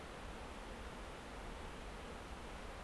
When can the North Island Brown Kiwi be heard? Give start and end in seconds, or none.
none